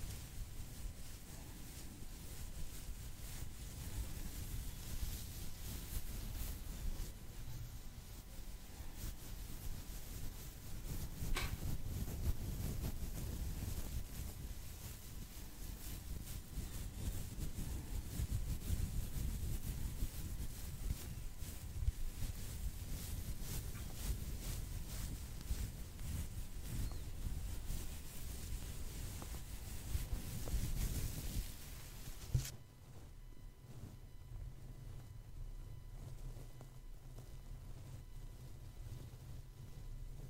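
Gloved hands rub and squish lotion in a dense, continuous rustle with a heavy low rumble and constant fine crackles, swelling a little around the middle. At about 32 seconds the handling cuts off abruptly, leaving a quieter steady low hum.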